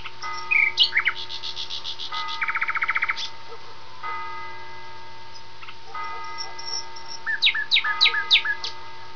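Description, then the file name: Common nightingale singing varied phrases: a fast rattling trill, clipped chirps and scattered sharp notes, with pauses between phrases and a steady faint hum. "usignolo"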